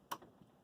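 The second side of a printed plastic carry-handle latch is worked into an SX-64 portable computer case, with one side moved just enough before the other. A single sharp tick sounds at 0.1 s, followed by faint softer handling noise. The latch engages and seats.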